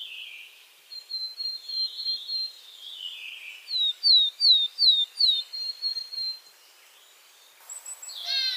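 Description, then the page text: Poecile tit singing a run of clear whistled notes at an even pace. "синица гаичка"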